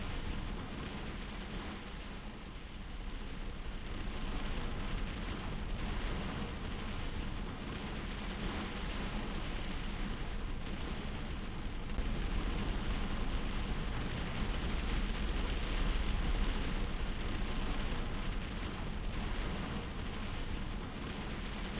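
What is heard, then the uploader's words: Heavy rain beats against a window in a dense, continuous wash of tapping and hiss that fills every range from low to bright. The level swells slightly around the middle and again near sixteen seconds, with a deep, rumbling undertone running beneath throughout. Heavy rain sounds against a window.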